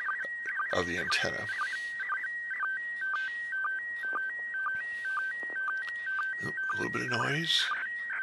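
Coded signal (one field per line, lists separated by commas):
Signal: SSTV (slow-scan television)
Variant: PD 120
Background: speech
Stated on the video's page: Live SSTV reception from an ISS pass.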